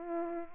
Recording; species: mosquito wingbeat signal from an infrared sensor; Culex pipiens